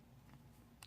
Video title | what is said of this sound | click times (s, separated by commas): Toy Biz Marvel Legends Galactis Series: War Machine Unboxing and Review | and it just sort of pops right in like so. | 0.8 s